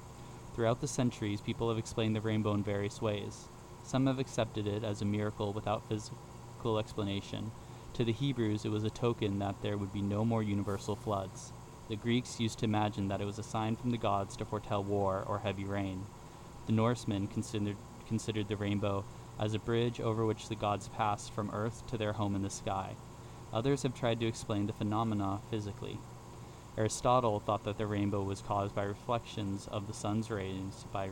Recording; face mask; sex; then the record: reading aloud; surgical mask; male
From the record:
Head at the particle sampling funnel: facing it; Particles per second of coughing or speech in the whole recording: 0.0224